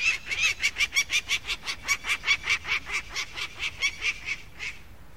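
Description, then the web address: Peregrine falcon cacking, a harsh, rapid kek-kek-kek series of over twenty strident notes, steady in pitch and rhythm. "bird-calls falcon peregrine"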